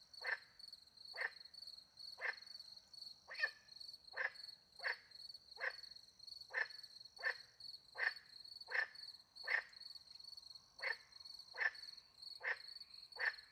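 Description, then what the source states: Frog: a run of many brief croaks over a persistent shrill cricket chorus. Frogs with crickets, in the countryside at night beside a little pond in France; microphones hidden in a tree, recorded with two Usi Pro microphones into a MixPre-10 II.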